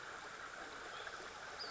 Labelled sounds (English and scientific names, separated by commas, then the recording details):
Western Flycatcher (Empidonax difficilis)
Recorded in Sonoma County, California